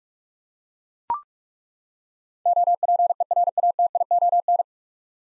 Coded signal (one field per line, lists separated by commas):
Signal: Morse code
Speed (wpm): 43 wpm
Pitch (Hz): 700 Hz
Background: none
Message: OPERATION